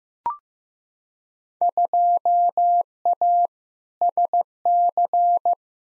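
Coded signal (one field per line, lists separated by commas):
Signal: Morse code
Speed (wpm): 15 wpm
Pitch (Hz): 700 Hz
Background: none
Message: 2A SC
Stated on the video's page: Head-copy drill of randomly selected Field Day exchanges sent at 15 wpm, each sent in Morse, spoken, then sent again.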